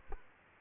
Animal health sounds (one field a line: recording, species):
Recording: mosquito wingbeat signal from an infrared sensor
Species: Aedes aegypti